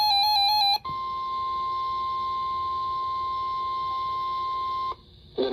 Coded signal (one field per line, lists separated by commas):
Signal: Emergency Alert System (SAME) tones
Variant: 1050 Hz attention tone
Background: music